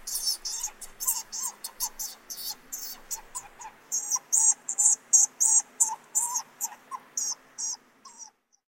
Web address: Wildlife Sounds. Striped Skunk